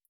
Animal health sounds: hydrophone in a shrimp aquaculture tank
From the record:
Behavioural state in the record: feeding

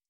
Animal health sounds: hydrophone in a shrimp aquaculture tank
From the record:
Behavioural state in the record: starved

